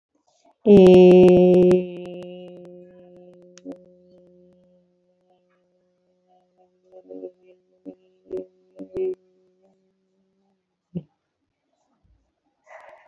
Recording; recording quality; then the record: sustained vowel as in made; excellent, no background noise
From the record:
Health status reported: COVID-19 positive, mild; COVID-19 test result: positive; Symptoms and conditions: cough, fatigue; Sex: female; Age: 37 years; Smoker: not ticked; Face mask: worn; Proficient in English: yes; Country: India